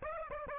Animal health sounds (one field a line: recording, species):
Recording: mosquito wingbeat signal from an infrared sensor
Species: Aedes aegypti